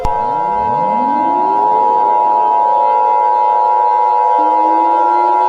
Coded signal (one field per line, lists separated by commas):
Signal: Emergency Alert System (SAME) tones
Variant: 853 and 960 Hz attention tone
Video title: EAS MinI Scenario: The Labor Day Asteroid Impact: an Early Back to School Special